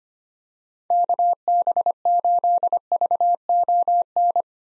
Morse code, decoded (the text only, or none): KB8VON